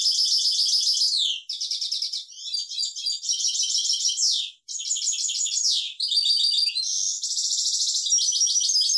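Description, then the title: European goldfinch singing almost continuously, a rapid chain of tinkling trills and twittered phrases, several ending in quick falling slurs. "Chant Chardonneret"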